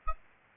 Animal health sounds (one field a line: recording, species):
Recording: mosquito wingbeat signal from an infrared sensor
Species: Aedes albopictus